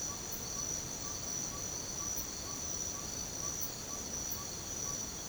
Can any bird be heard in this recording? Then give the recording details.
yes. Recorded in secondary vegetation near Puerto Asís, Putumayo, Colombia, on 18 December 2024 at 04:30. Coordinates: 0.489, -76.322. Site G059